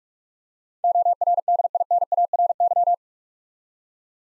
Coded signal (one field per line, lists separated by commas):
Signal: Morse code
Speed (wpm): 44 wpm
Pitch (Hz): 700 Hz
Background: none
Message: ORDINARY